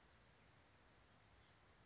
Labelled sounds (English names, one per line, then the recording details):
Oak Titmouse
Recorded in Sonoma County, California